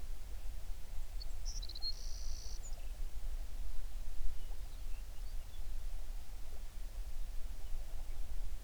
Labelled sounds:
songbird
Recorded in the Prudhoe Bay oil fields, Alaska, on 11 June 2019 at 05:26
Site 21

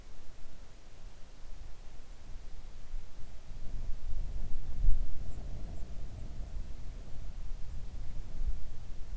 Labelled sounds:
songbird
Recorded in the Arctic National Wildlife Refuge, Alaska, on 3 August 2019 at 05:33
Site 41

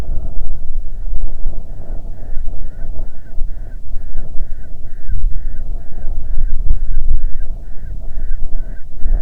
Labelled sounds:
bird, wind
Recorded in the Prudhoe Bay oil fields, Alaska, on 6 June 2019 at 03:38
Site 16

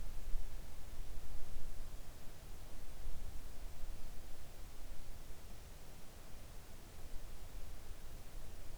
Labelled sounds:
near silence
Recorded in the Arctic National Wildlife Refuge, Alaska, on 3 August 2019 at 05:39
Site 41

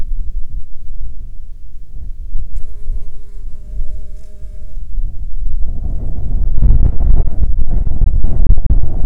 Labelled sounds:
wind, aircraft, insects
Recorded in the Prudhoe Bay oil fields, Alaska, on 13 July 2019 at 17:50
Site 19

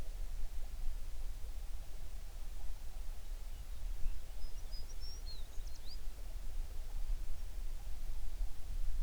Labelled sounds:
songbird
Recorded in the Prudhoe Bay oil fields, Alaska, on 11 June 2019 at 04:39
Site 21

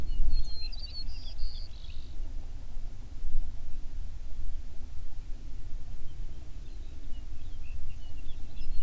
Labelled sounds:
songbird
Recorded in the Prudhoe Bay oil fields, Alaska, on 11 June 2019 at 05:16
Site 21

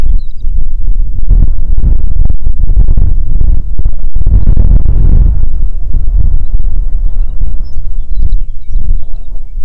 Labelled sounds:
songbird, wind
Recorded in the Prudhoe Bay oil fields, Alaska, on 6 June 2019 at 04:12
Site 16

